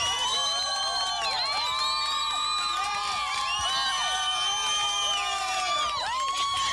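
A crowd cheers and shouts without pause, many overlapping voices whooping and yelling at high pitch, loud and steady throughout, with possible clapping blended into the din.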